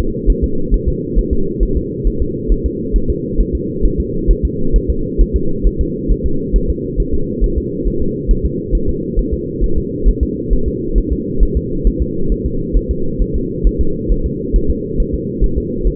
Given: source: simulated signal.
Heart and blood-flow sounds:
fetal heart sounds
0.00 s: S2
0.30 s: S1
0.44 s: S2
0.74 s: S1
0.88 s: S2
1.19 s: S1
1.33 s: S2
1.63 s: S1
1.77 s: S2
2.07 s: S1
2.22 s: S2
2.52 s: S1
2.66 s: S2
2.96 s: S1
3.10 s: S2
3.41 s: S1
3.55 s: S2
3.85 s: S1
4.00 s: S2
4.31 s: S1
4.45 s: S2
4.76 s: S1
4.90 s: S2
5.21 s: S1
5.36 s: S2
5.67 s: S1
5.81 s: S2
6.11 s: S1
6.26 s: S2
6.56 s: S1
6.70 s: S2
7.00 s: S1
7.14 s: S2
7.44 s: S1
7.58 s: S2
7.87 s: S1
8.02 s: S2
8.31 s: S1
8.46 s: S2
8.75 s: S1
8.89 s: S2
9.19 s: S1
9.34 s: S2
9.64 s: S1
9.78 s: S2
10.08 s: S1
10.23 s: S2
10.53 s: S1
10.68 s: S2
10.98 s: S1
11.12 s: S2
11.43 s: S1
11.57 s: S2
11.87 s: S1
12.02 s: S2
12.32 s: S1
12.46 s: S2
12.77 s: S1
12.91 s: S2
13.22 s: S1
13.36 s: S2
13.67 s: S1
13.81 s: S2
14.12 s: S1
14.26 s: S2
14.56 s: S1
14.70 s: S2
15.00 s: S1
15.15 s: S2
15.44 s: S1
15.58 s: S2
15.87 s: S1
From the record:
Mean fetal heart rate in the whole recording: 135 bpm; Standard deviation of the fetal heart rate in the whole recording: 3 bpm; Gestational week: 36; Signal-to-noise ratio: -8.1 dB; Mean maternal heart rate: 72 bpm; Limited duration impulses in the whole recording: absent

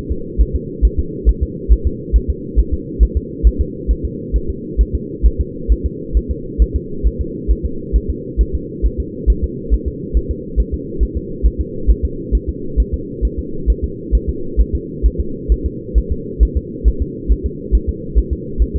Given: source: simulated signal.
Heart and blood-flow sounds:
fetal heart sounds
0.12 s: S2
0.41 s: S1
0.56 s: S2
0.85 s: S1
0.99 s: S2
1.29 s: S1
1.43 s: S2
1.72 s: S1
1.87 s: S2
2.16 s: S1
2.30 s: S2
2.59 s: S1
2.74 s: S2
3.03 s: S1
3.17 s: S2
3.47 s: S1
3.61 s: S2
3.91 s: S1
4.05 s: S2
4.36 s: S1
4.50 s: S2
4.81 s: S1
4.95 s: S2
5.26 s: S1
5.41 s: S2
5.72 s: S1
5.86 s: S2
6.17 s: S1
6.31 s: S2
6.62 s: S1
6.76 s: S2
7.07 s: S1
7.21 s: S2
7.51 s: S1
7.66 s: S2
7.96 s: S1
8.10 s: S2
8.41 s: S1
8.55 s: S2
8.86 s: S1
9.00 s: S2
9.30 s: S1
9.44 s: S2
9.74 s: S1
9.88 s: S2
10.17 s: S1
10.31 s: S2
10.60 s: S1
10.74 s: S2
11.03 s: S1
11.17 s: S2
11.46 s: S1
11.61 s: S2
11.91 s: S1
12.05 s: S2
12.35 s: S1
12.49 s: S2
12.80 s: S1
12.94 s: S2
13.25 s: S1
13.39 s: S2
13.70 s: S1
13.84 s: S2
14.15 s: S1
14.29 s: S2
14.61 s: S1
14.75 s: S2
15.06 s: S1
15.20 s: S2
15.52 s: S1
15.66 s: S2
15.98 s: S1
16.12 s: S2
16.43 s: S1
16.57 s: S2
16.88 s: S1
17.02 s: S2
17.32 s: S1
17.46 s: S2
17.75 s: S1
17.89 s: S2
18.19 s: S1
18.33 s: S2
18.62 s: S1
18.76 s: S2
From the record:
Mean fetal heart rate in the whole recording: 135 bpm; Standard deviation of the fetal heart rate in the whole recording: 3 bpm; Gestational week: 34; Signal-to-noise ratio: -4.3 dB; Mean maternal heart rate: 72 bpm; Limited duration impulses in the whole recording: absent

